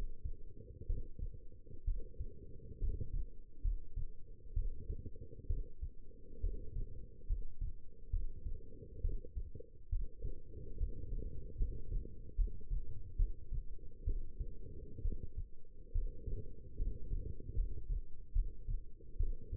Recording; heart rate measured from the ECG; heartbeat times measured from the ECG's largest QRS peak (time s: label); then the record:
heart sounds by stethoscope; 69 bpm
0.87 s: heartbeat
1.85 s: heartbeat
2.79 s: heartbeat
3.61 s: heartbeat
4.54 s: heartbeat
5.47 s: heartbeat
6.41 s: heartbeat
7.26 s: heartbeat
8.10 s: heartbeat
9.01 s: heartbeat
9.89 s: heartbeat
10.77 s: heartbeat
11.57 s: heartbeat
12.35 s: heartbeat
13.16 s: heartbeat
14.05 s: heartbeat
15.02 s: heartbeat
15.92 s: heartbeat
16.76 s: heartbeat
17.55 s: heartbeat
18.33 s: heartbeat
19.17 s: heartbeat
From the record:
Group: healthy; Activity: rest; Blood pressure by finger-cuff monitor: 150/89 mmHg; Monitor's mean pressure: 107 mmHg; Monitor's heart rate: 66 bpm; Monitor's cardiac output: 6 L/min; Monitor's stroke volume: 89 mL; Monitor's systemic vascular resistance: 1320 dyn s/cm5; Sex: female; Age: 22 years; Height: 171 cm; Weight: 65.6 kg